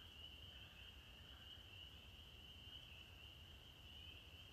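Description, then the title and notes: Spring peeper chorus: a dense, steady high ringing of many overlapping peeps that forms an unbroken shimmering band, with a low rumbling background. Males singing at dusk in an April evening chorus in Maine, heard from a porch, 15 April 2023, after the winter freeze; sleigh-bell-like sound. "April 15, 2023. the most glorious, joyful sound in Maine. the sound of the spring peepers, or pseudacris crucifer"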